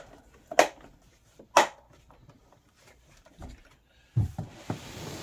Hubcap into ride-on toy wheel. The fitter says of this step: the hubcaps will match slots inside the wheel and click into place